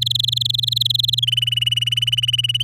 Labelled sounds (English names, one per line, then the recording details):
Domestic Canary song
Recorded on 9 May 2018 at 07:37
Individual llb16